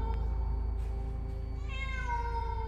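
A black cat inside a dark house lets out a long, drawn-out meow that rises into a strained, wavering cry, heard alone over a steady low hum.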